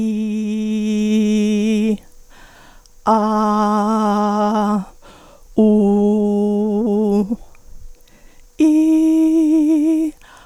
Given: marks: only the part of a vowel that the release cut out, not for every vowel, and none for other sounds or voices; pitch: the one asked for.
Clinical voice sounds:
sustained vowels; female; 60 to 69 years; 2; 1; 1
0.00-1.86 s: vowel /i/, normal pitch
3.18-4.73 s: vowel /a/, normal pitch
5.63-7.18 s: vowel /u/, normal pitch
8.64-10.04 s: vowel /i/, high pitch
From the record:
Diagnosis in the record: psychogenic dysphonia, dysodia (singing voice disorder); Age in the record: 62 years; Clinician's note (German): Funktionell

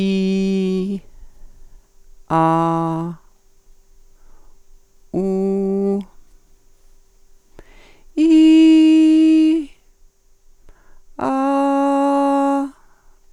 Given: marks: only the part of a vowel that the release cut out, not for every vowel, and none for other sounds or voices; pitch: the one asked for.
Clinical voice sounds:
sustained vowels; female; 50 to 59 years; 0; 0; 0
0.00-0.83 s: vowel /i/, normal pitch
2.35-3.04 s: vowel /a/, normal pitch
5.18-5.95 s: vowel /u/, normal pitch
8.33-9.50 s: vowel /i/, high pitch
11.31-12.60 s: vowel /a/, high pitch
From the record:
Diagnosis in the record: dysphonia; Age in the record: 53 years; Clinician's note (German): Multifaktoriell, cervicogen

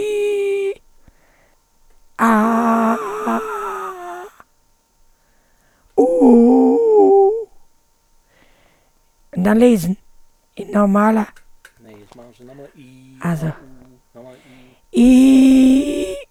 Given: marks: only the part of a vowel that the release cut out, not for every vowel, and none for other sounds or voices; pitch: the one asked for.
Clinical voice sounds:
sustained vowels; female; 60 to 69 years; 3; 3; 2
0.00-0.64 s: vowel /i/, normal pitch
2.37-3.93 s: vowel /a/, normal pitch
6.36-7.22 s: vowel /u/, normal pitch
15.05-15.72 s: vowel /i/, high pitch
From the record:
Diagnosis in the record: presbyphonia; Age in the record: 63 years

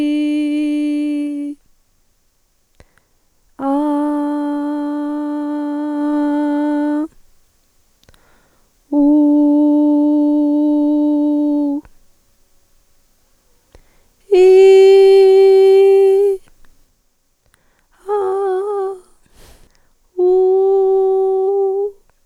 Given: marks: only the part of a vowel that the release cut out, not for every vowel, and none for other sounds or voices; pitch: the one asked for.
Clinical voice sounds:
sustained vowels; female; 40 to 49 years; 2; 0; 0
0.00-1.23 s: vowel /i/, normal pitch
4.13-5.90 s: vowel /a/, normal pitch
9.29-11.11 s: vowel /u/, normal pitch
14.58-15.81 s: vowel /i/, high pitch
18.13-18.84 s: vowel /a/, high pitch
20.38-21.46 s: vowel /u/, high pitch
From the record:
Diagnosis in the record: dysphonia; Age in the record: 40 years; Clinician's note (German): Multifaktoriell

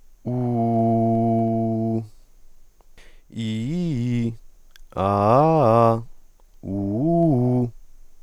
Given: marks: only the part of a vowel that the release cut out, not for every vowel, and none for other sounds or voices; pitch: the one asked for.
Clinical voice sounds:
sustained vowels; male; 20 to 29 years; 0; 0; 0
0.45-1.87 s: vowel /u/, low pitch
3.44-4.21 s: vowel /i/, low-high-low pitch
5.11-5.82 s: vowel /a/, low-high-low pitch
6.74-7.55 s: vowel /u/, low-high-low pitch
From the record:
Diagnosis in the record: healthy voice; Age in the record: 22 years

